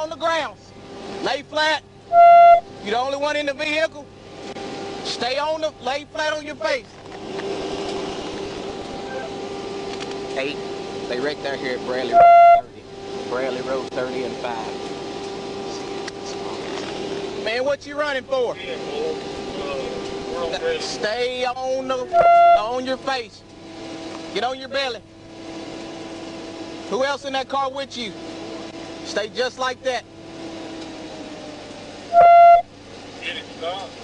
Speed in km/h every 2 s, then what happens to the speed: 0, 0, 0, 0, 0, 0, 0, 0, 0, 0, 0, 0, 0, 0, 0, 0, 0.
0-34 standing.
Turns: none.